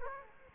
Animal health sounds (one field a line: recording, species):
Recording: mosquito wingbeat signal from an infrared sensor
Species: Aedes aegypti